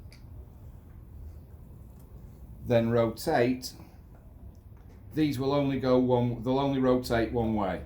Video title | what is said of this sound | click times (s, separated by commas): Fitting the Pistons - Part 11 - Rebuilding a Suzuki GT750 engine - An Idiots Guide | and you'll hear it click into place | 0.1 s